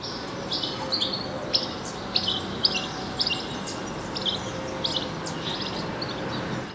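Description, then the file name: European goldfinch calls: short, high, tinkling chirps, given in loose irregular bursts over a steady background hiss. "Carduelis carduelis"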